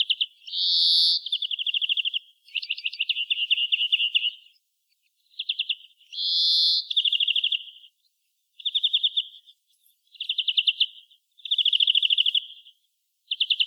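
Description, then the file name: European greenfinch alternating two drawn-out nasal wheezes with many bursts of fast, rolling, chirpy trills, a steady chattering sequence with short gaps. "Chloris chloris"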